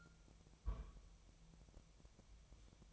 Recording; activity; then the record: daily activity, microphone in the room; place on stove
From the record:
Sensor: 1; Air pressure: 999.4 hPa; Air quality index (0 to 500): 198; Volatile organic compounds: 39 ppm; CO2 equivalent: 3138 ppm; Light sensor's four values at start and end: 9/22/8/9 and 9/22/8/9